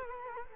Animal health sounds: mosquito wingbeat signal from an infrared sensor; Culex quinquefasciatus

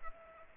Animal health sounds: mosquito wingbeat signal from an infrared sensor; Aedes aegypti

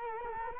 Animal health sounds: mosquito wingbeat signal from an infrared sensor; Culex quinquefasciatus

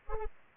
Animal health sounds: mosquito wingbeat signal from an infrared sensor; Anopheles arabiensis

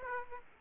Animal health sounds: mosquito wingbeat signal from an infrared sensor; Aedes aegypti

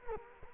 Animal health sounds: mosquito wingbeat signal from an infrared sensor; Culex quinquefasciatus

